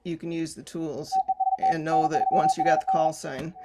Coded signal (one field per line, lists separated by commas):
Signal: Morse code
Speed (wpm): 40 wpm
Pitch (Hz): 760 Hz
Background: speech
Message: TEST N3RD